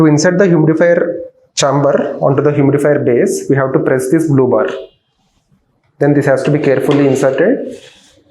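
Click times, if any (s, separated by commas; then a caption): none. The humidifier chamber of a neonatal ventilator breathing circuit is being handled for insertion onto the humidifier base after the blue release bar is pressed. Someone talks throughout, with pauses. Nothing has seated or clicked yet.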